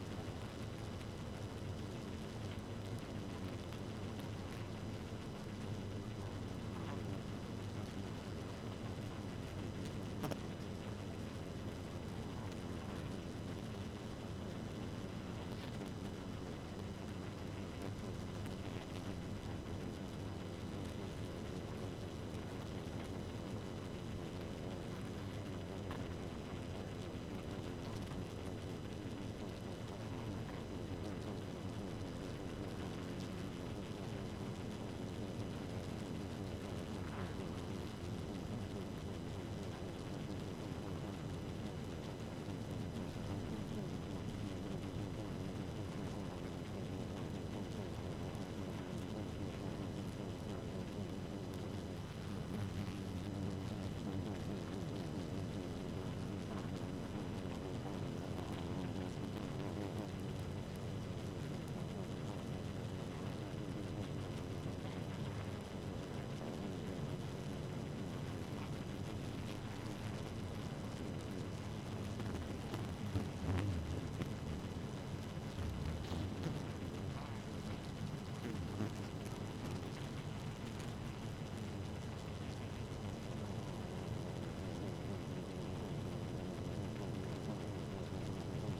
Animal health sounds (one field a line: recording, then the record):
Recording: honeybee colony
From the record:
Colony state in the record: active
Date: 12 June 2018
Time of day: 1:34